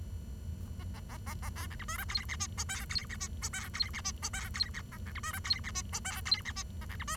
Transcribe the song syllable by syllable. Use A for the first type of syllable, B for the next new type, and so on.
A A A A A B C D E F G H I J K G H I J K G H I J K G H A C D E F G H I J K G H I A C D E